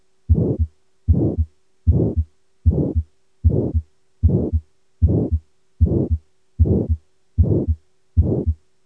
Mid Systolic Aortic Stenosis.